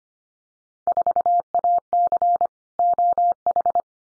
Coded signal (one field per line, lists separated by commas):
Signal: Morse code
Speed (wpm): 25 wpm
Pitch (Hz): 700 Hz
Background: none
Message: 4AC OH